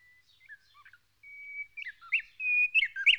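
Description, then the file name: White-browed robin-chat with long pure whistles and short slurred notes, growing louder over a few seconds. "Cossyphe d Heuglin Cossypha heuglini White-Browed robin-chat Weissbrauenrotel"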